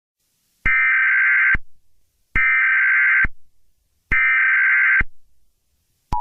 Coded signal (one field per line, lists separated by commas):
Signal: Emergency Alert System (SAME) tones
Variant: header bursts